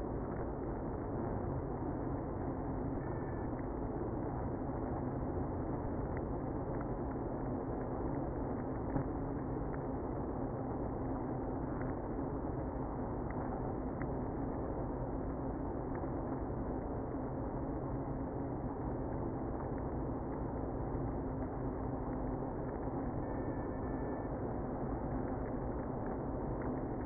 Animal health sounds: honeybee colony, microphone inside the hive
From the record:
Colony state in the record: queenless (queen removed); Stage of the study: after two queens were removed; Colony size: about 60,000 bees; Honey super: yes

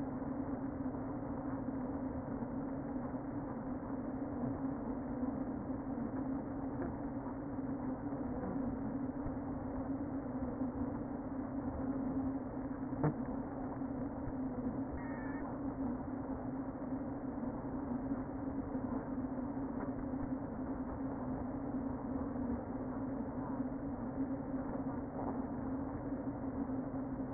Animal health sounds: honeybee colony, microphone inside the hive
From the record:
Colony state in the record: queen present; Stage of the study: before two queens were removed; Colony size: about 60,000 bees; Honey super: yes

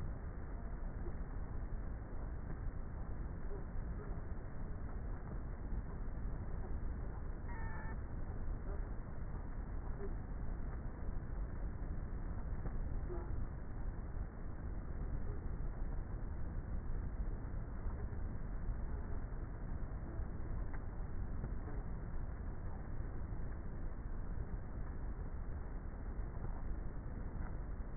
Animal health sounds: honeybee colony, microphone inside the hive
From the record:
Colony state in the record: queenless with a low population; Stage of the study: before two queens were removed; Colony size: about 30,000 bees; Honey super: no

